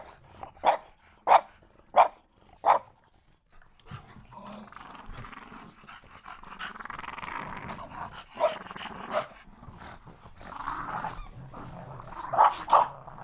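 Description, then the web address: Dog gives four quick barks, then pants hard and raspily for several seconds, with a few more barks breaking in later and near the end. "dog panting and barking"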